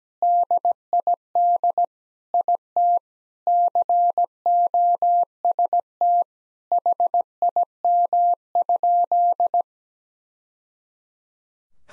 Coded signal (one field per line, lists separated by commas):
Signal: Morse code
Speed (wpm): 17 wpm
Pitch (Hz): 700 Hz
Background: none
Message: DID IT COST HIM?